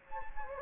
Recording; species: mosquito wingbeat signal from an infrared sensor; Anopheles gambiae